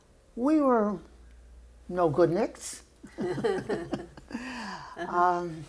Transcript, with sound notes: We were no-goodnicks. [laughter]
Uh-huh.